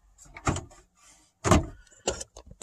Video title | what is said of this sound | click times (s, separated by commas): How to remove dash bezel on 2004 Yukon | see it just snaps back into place | 0.5 s, 2.1 s